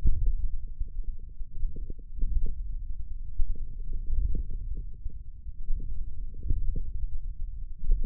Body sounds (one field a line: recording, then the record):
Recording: forearm muscle sounds (acoustic myography)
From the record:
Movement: ulnar deviation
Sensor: system 1, eight BSWA MPA416 microphones around the upper forearm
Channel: 5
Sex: male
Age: 28 years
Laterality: right